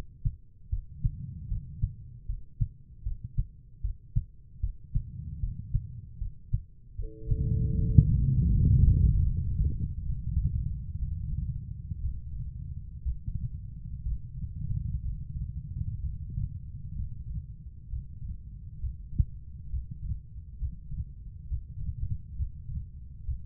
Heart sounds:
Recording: heart sounds by stethoscope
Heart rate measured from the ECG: 69 bpm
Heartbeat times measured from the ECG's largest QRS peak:
0.69 s: heartbeat
1.47 s: heartbeat
2.25 s: heartbeat
3.02 s: heartbeat
3.81 s: heartbeat
4.60 s: heartbeat
5.39 s: heartbeat
6.17 s: heartbeat
6.95 s: heartbeat
7.75 s: heartbeat
8.51 s: heartbeat
9.25 s: heartbeat
10.04 s: heartbeat
10.97 s: heartbeat
11.98 s: heartbeat
13.01 s: heartbeat
14.01 s: heartbeat
15.00 s: heartbeat
15.97 s: heartbeat
16.93 s: heartbeat
17.87 s: heartbeat
18.77 s: heartbeat
19.67 s: heartbeat
20.56 s: heartbeat
21.45 s: heartbeat
22.34 s: heartbeat
23.22 s: heartbeat
From the record:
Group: healthy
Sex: female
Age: 43 years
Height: 160 cm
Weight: 90 kg

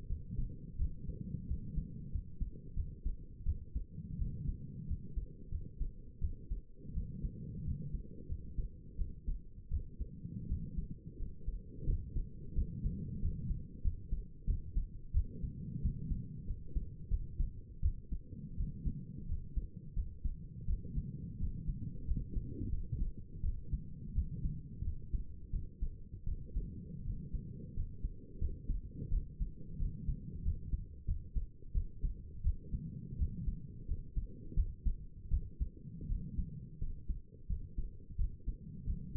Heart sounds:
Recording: heart sounds by stethoscope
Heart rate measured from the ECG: 87 bpm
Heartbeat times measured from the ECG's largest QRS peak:
0.09 s: heartbeat
0.79 s: heartbeat
1.48 s: heartbeat
2.12 s: heartbeat
2.76 s: heartbeat
3.46 s: heartbeat
4.18 s: heartbeat
4.88 s: heartbeat
5.51 s: heartbeat
6.21 s: heartbeat
6.94 s: heartbeat
7.65 s: heartbeat
8.29 s: heartbeat
8.98 s: heartbeat
9.71 s: heartbeat
10.49 s: heartbeat
11.19 s: heartbeat
11.86 s: heartbeat
12.55 s: heartbeat
13.22 s: heartbeat
13.83 s: heartbeat
14.47 s: heartbeat
15.13 s: heartbeat
15.82 s: heartbeat
16.47 s: heartbeat
17.10 s: heartbeat
17.82 s: heartbeat
18.57 s: heartbeat
19.28 s: heartbeat
19.96 s: heartbeat
20.67 s: heartbeat
21.40 s: heartbeat
22.07 s: heartbeat
22.71 s: heartbeat
23.43 s: heartbeat
24.15 s: heartbeat
24.84 s: heartbeat
25.52 s: heartbeat
26.26 s: heartbeat
27.05 s: heartbeat
27.76 s: heartbeat
28.40 s: heartbeat
29.11 s: heartbeat
29.79 s: heartbeat
30.44 s: heartbeat
31.07 s: heartbeat
31.74 s: heartbeat
32.43 s: heartbeat
33.18 s: heartbeat
33.88 s: heartbeat
34.56 s: heartbeat
35.30 s: heartbeat
36.08 s: heartbeat
36.80 s: heartbeat
37.49 s: heartbeat
38.18 s: heartbeat
38.86 s: heartbeat
From the record:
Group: healthy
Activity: rest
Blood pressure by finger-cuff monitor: 120/77 mmHg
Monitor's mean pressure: 87 mmHg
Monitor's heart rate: 86 bpm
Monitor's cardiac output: 6.8 L/min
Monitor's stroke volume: 78 mL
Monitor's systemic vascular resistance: 940 dyn s/cm5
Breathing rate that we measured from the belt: 21 breaths a minute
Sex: female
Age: 22 years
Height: 163 cm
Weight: 67.1 kg

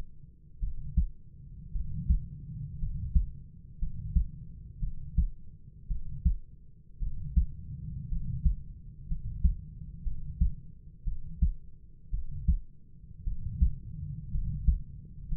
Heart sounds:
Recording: heart sounds by stethoscope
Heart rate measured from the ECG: 57 bpm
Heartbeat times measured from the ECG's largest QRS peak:
0.60 s: heartbeat
1.72 s: heartbeat
2.79 s: heartbeat
3.79 s: heartbeat
4.80 s: heartbeat
5.88 s: heartbeat
6.99 s: heartbeat
8.09 s: heartbeat
9.08 s: heartbeat
10.03 s: heartbeat
11.04 s: heartbeat
12.11 s: heartbeat
13.24 s: heartbeat
14.31 s: heartbeat
15.28 s: heartbeat
From the record:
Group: healthy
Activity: rest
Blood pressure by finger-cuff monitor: 98/50 mmHg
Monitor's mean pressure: 63 mmHg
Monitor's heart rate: 57 bpm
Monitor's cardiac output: 5 L/min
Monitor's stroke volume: 87 mL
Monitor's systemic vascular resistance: 870 dyn s/cm5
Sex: male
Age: 25 years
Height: 170 cm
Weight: 70.4 kg

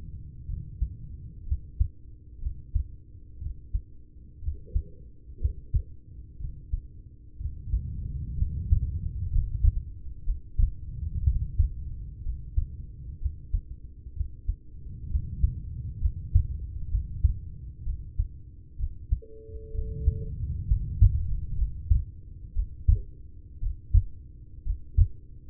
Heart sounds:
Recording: heart sounds by stethoscope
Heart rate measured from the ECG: 62 bpm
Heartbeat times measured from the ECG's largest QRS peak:
0.45 s: heartbeat
1.43 s: heartbeat
2.38 s: heartbeat
3.38 s: heartbeat
4.39 s: heartbeat
5.37 s: heartbeat
6.36 s: heartbeat
7.36 s: heartbeat
8.34 s: heartbeat
9.26 s: heartbeat
10.22 s: heartbeat
11.21 s: heartbeat
12.20 s: heartbeat
13.17 s: heartbeat
14.13 s: heartbeat
15.07 s: heartbeat
15.97 s: heartbeat
16.86 s: heartbeat
17.82 s: heartbeat
18.75 s: heartbeat
19.70 s: heartbeat
20.64 s: heartbeat
21.53 s: heartbeat
22.51 s: heartbeat
23.57 s: heartbeat
24.61 s: heartbeat
From the record:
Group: heart failure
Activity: rest 0-22 s, Valsalva maneuver 22-26 s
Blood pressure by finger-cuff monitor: 105/57 mmHg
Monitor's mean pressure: 75 mmHg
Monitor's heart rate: 61 bpm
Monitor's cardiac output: 5.6 L/min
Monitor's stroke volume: 93 mL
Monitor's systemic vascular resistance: 910 dyn s/cm5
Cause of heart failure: ischemic heart disease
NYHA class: 1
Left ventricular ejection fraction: 33%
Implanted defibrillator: present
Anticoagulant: apixaban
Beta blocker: carvedilol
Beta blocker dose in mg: 18.75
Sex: male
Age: 39 years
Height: 168 cm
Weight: 72 kg

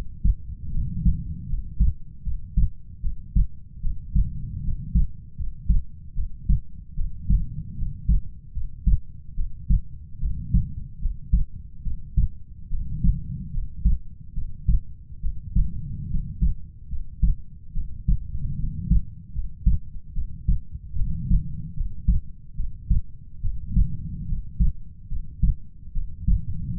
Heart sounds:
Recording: heart sounds by stethoscope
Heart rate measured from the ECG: 74 bpm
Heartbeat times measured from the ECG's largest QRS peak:
0.70 s: heartbeat
1.46 s: heartbeat
2.23 s: heartbeat
3.01 s: heartbeat
3.81 s: heartbeat
4.61 s: heartbeat
5.35 s: heartbeat
6.14 s: heartbeat
6.95 s: heartbeat
7.74 s: heartbeat
8.52 s: heartbeat
9.35 s: heartbeat
10.19 s: heartbeat
10.99 s: heartbeat
11.82 s: heartbeat
12.69 s: heartbeat
13.51 s: heartbeat
14.33 s: heartbeat
15.20 s: heartbeat
16.07 s: heartbeat
16.88 s: heartbeat
17.73 s: heartbeat
18.56 s: heartbeat
19.32 s: heartbeat
20.13 s: heartbeat
20.95 s: heartbeat
21.74 s: heartbeat
22.55 s: heartbeat
23.41 s: heartbeat
24.26 s: heartbeat
25.08 s: heartbeat
25.92 s: heartbeat
26.73 s: heartbeat
From the record:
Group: healthy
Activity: rest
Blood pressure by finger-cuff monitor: 94/63 mmHg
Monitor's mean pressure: 73 mmHg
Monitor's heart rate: 73 bpm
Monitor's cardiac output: 5.4 L/min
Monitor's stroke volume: 74 mL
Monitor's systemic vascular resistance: 980 dyn s/cm5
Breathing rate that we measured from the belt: 21 breaths a minute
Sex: female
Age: 22 years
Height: 160 cm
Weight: 45 kg

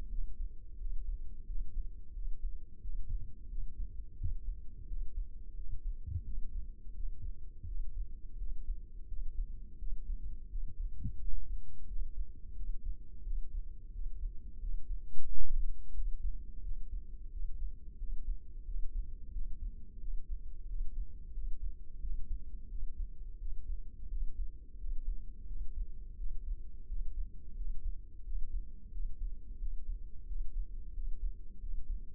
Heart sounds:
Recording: heart sounds by microphone in the left ear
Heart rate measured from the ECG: 88 bpm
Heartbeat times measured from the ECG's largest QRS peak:
0.11 s: heartbeat
0.80 s: heartbeat
1.48 s: heartbeat
2.15 s: heartbeat
2.83 s: heartbeat
3.51 s: heartbeat
4.19 s: heartbeat
4.89 s: heartbeat
5.57 s: heartbeat
6.26 s: heartbeat
6.96 s: heartbeat
7.68 s: heartbeat
8.40 s: heartbeat
9.10 s: heartbeat
9.80 s: heartbeat
10.51 s: heartbeat
11.22 s: heartbeat
11.89 s: heartbeat
12.57 s: heartbeat
13.26 s: heartbeat
13.94 s: heartbeat
14.62 s: heartbeat
15.29 s: heartbeat
15.96 s: heartbeat
16.64 s: heartbeat
17.33 s: heartbeat
18.00 s: heartbeat
18.67 s: heartbeat
19.34 s: heartbeat
20.01 s: heartbeat
20.68 s: heartbeat
21.35 s: heartbeat
22.02 s: heartbeat
22.71 s: heartbeat
23.40 s: heartbeat
24.11 s: heartbeat
24.80 s: heartbeat
25.49 s: heartbeat
26.19 s: heartbeat
26.89 s: heartbeat
27.58 s: heartbeat
28.25 s: heartbeat
28.93 s: heartbeat
29.61 s: heartbeat
30.28 s: heartbeat
30.95 s: heartbeat
31.61 s: heartbeat
From the record:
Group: healthy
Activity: rest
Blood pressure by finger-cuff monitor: 137/86 mmHg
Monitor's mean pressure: 103 mmHg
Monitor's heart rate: 88 bpm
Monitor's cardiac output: 7.1 L/min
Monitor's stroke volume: 81 mL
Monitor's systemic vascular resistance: 1070 dyn s/cm5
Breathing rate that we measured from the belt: 18 breaths a minute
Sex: male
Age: 21 years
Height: 175 cm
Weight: 72.6 kg

